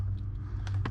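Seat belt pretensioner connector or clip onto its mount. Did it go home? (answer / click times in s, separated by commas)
no / none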